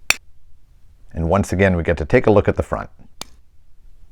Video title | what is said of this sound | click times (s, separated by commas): Unboxing 📦: American Watch Co. Grade Model 1888 — Waltham Pocket Watch — Patek Rolex have LESS Soul | As we close it up, you'll hear a nice snap, | 0.1 s